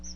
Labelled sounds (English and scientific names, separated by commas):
Chestnut-sided Warbler (Setophaga pensylvanica) flight call